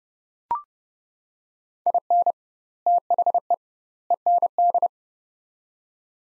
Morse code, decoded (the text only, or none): IN THE END